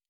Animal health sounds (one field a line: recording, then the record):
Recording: hydrophone in a shrimp aquaculture tank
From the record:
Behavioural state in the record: normal